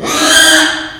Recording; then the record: squeal of a Yucatan mini pig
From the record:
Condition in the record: after surgery on the right vocal fold (resection and tissue-engineered implant); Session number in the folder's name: 3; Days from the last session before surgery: 33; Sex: male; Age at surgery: 12 weeks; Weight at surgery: 13 kg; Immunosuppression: cyclosporine, prednisolone